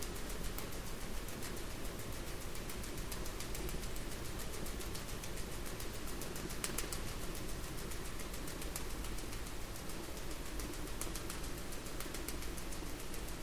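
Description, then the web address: Sperm whale clicks, many sharp clicks over a constant low rumble. Underwater hydrophone recording from the Strait of Georgia, 27 March 2018, about 03:57 UTC. "sperm Whale Clicks 20180327"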